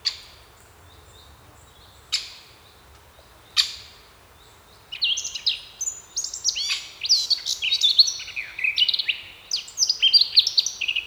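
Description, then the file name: Eurasian blackcap: a few sharp, hard ticking notes, then a fast warble with loud, fluty phrases. "Sylvia atricapilla"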